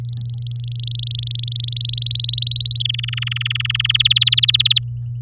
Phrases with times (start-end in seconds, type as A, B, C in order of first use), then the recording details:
0.01-1.70 A, 1.72-2.83 B, 2.85-3.87 C, 3.89-4.79 D. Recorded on 11 May 2018 at 08:15. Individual llb16